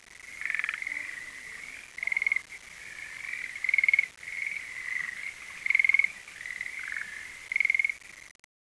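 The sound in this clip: Frog calls: pulsed bursts repeating about every two seconds over a continuous buzzing trill.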